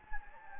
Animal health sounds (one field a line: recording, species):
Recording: mosquito wingbeat signal from an infrared sensor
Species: Anopheles gambiae